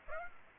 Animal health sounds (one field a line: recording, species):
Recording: mosquito wingbeat signal from an infrared sensor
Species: Aedes aegypti